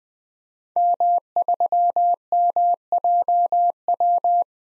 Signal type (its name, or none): Morse code